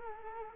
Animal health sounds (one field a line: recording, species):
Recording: mosquito wingbeat signal from an infrared sensor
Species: Culex quinquefasciatus